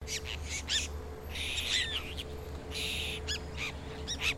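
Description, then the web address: Apostlebird calls: harsh, scratchy grating bursts in irregular bouts, some short and clipped, others drawn out, over a faint steady hum. "Sound Effects-Foundation. BIRD APOSTLE BIRD CALL"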